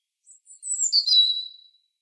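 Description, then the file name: European robin giving a brief, very high, thin phrase that slides downward from a sharp whistle into a lower drawn-out tone, with a couple of faint notes before it. "Erithacus rubecula"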